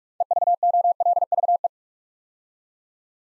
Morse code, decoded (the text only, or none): EVOLVE